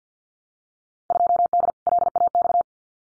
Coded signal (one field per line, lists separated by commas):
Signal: Morse code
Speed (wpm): 50 wpm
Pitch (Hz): 700 Hz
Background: none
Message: 2D LAX